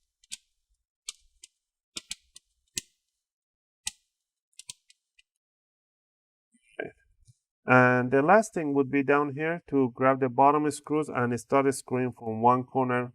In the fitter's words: and bring it over and put it on top and stop pressing down on the corners and you want to hear those clicks